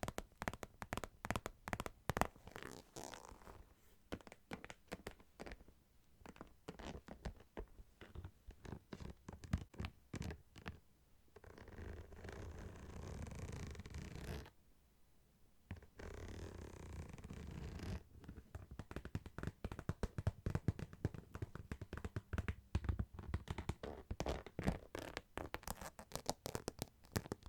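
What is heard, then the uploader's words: Tapping comes in dense, rapid bursts of sharp clicks, running almost continuously through most of the clip. Around 12 to 14 seconds and again from 16 to 18 seconds the clicks give way to a steadier rough rubbing or scratching sound, with a brief quiet gap near 15 seconds. ASMR Tapping To Help You Sleep (No Talking).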